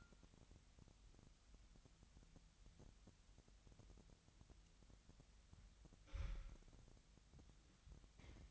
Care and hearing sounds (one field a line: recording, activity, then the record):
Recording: daily activity, microphone in the room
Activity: wipe stove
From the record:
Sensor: 3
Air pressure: 1003.3 hPa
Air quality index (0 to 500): 198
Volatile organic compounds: 6 ppm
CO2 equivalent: 1935 ppm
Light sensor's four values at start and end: 9/21/9/9 and 9/22/9/10